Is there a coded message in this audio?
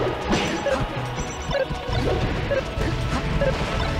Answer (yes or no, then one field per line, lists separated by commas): no